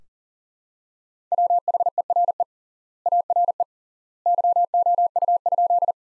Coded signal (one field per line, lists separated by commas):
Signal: Morse code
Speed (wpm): 40 wpm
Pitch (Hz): 700 Hz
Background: none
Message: WHERE ARE YOU?